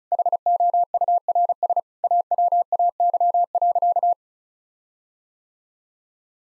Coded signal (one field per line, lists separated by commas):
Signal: Morse code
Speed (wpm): 34 wpm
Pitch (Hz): 700 Hz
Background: none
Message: HOURS AWAY.